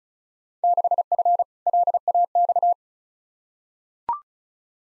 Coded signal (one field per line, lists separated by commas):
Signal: Morse code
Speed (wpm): 36 wpm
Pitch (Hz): 700 Hz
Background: none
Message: 6F LAX